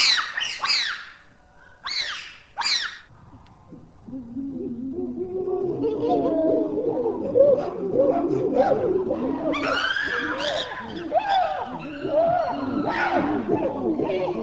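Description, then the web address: Pan ape (chimpanzee or bonobo) calls: several sharp, high squealing cries, then a dense, overlapping chorus of lower calls from several animals that keeps going to the end. "LIVING LINKS av chimp bonobo vocals"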